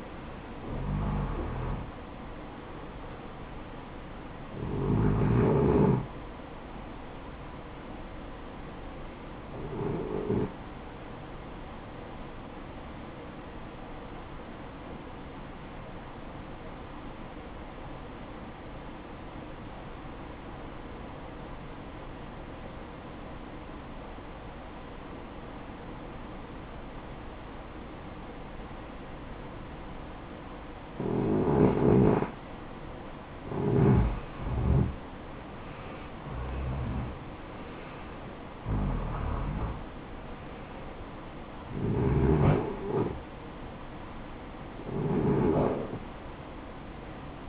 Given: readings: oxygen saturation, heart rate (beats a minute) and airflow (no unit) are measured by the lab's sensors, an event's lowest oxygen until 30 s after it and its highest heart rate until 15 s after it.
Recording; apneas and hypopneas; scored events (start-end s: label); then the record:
breathing in sleep by a voice recorder at the bedside; 1
14.00-32.60 s: obstructive apnea (REM, oxygen 94% highest, then 84% lowest, heart rate 65 at the start, 78 highest)
From the record:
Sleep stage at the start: REM sleep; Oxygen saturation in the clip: 75 to 94%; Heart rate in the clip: 60 to 81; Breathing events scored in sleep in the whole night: 573 in 9.8 hours asleep